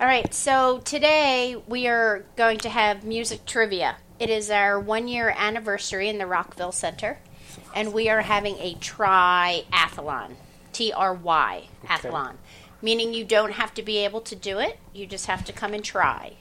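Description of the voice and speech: An adult woman, host of a stroke and aphasia group session, speaks clearly and fluently, announcing a music trivia session for the group's one-year anniversary, with an ordinary voice, rate and articulation.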